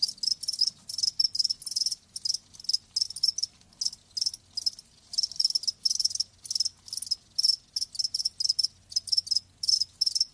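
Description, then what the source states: Shrill cricket chirping in regular bursts of quick pulses, continuing steadily throughout. Live crickets chirping.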